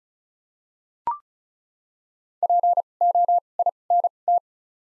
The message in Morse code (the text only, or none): P O I N T